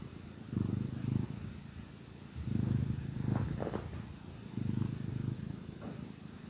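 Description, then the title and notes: Cat purring, a low rumbling pulse that swells in three long breaths about two seconds apart, with quiet pauses between. Gentle purrs of a contented cat. "Cat Cafe Purr-Finale. the gentle purrs of a contented cat"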